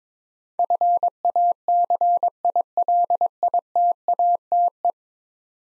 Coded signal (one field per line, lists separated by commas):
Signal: Morse code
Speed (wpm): 22 wpm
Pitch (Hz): 700 Hz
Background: none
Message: FACILITATE